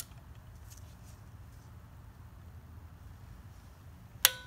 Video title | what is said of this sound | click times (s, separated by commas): 2007-2011 Honda CR-V Spark Plug Change | Okay, there's our click. | 4.3 s